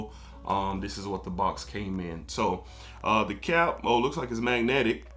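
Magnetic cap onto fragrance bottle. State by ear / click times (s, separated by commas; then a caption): not seated / none. A magnetic cap is handled near a fragrance bottle while someone talks over a low background hum. The cap has not snapped onto the bottle, and nothing has seated yet by the end of the clip.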